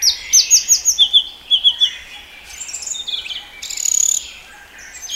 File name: audio terapi sikatan blue throated omkicau